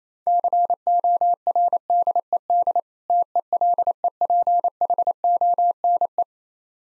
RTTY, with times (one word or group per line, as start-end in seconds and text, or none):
none